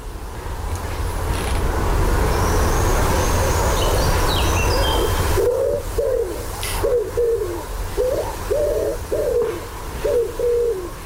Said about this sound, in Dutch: Wat voor duif is dit? Ach, geen idee. Gewoon een duif. En waar hoorde jij deze duif? In Haaksbergen, waar ik geboren ben. In de Veldmaat.